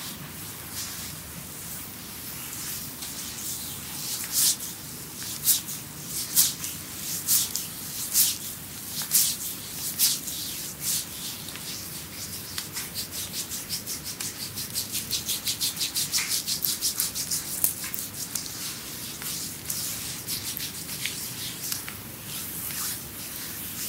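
Hands rub and glide over skin during a creamy body massage, with a soft steady hiss of friction throughout. From about four to ten seconds, separate stroking swishes come roughly once a second, then quicker, denser rubbing strokes follow until near the end.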